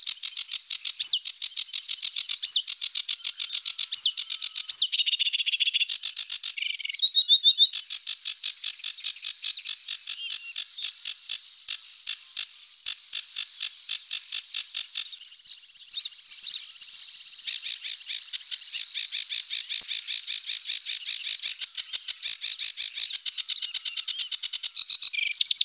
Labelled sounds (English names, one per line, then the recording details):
Sedge Warbler song
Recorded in the wild
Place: Nagyivan / Hortobagy Nationalpark, HU
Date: 1990-05-23
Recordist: Schwarz, Dieter